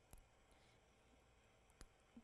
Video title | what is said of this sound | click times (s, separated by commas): TVON Live Fine Jewelry with Joyce: Live jewelry shopping | I don't know if you heard the click right there, but that's the sound | 1.8 s